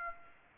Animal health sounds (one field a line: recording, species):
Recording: mosquito wingbeat signal from an infrared sensor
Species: Aedes aegypti